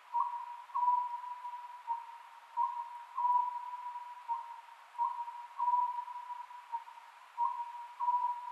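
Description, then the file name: Oriental scops owl giving short grouped hoots repeated about every two and a half seconds, over a constant tonal drone. Recorded 27 May 2010 at 22:21. "konohazuku 20100527-2221"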